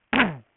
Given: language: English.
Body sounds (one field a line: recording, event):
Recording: throat vibration sensor signal played as sound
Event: throat clearing